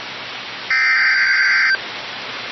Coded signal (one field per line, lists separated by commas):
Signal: Emergency Alert System (SAME) tones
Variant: header bursts